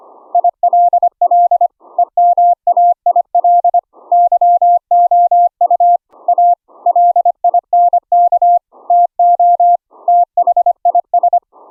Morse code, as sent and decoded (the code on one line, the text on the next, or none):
.. .-.. .-.. / . -- .- .. .-.. / -.-- --- ..- / .- / .-.. .. -. -.- / - --- / - .... .. ...
ILL EMAIL YOU A LINK TO THIS